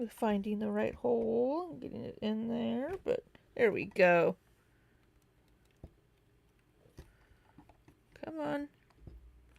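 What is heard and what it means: Someone talks while working a plastic building piece toward the right hole on a brick model, followed by quieter stretches with a few faint, small ticks of handling. Nothing has seated or clicked yet.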